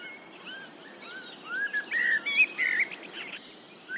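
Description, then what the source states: Common blackbird song: a short run of sliding fluty notes rising into a squeaky twitter, partly masked by steady hiss. Recorded in the UK.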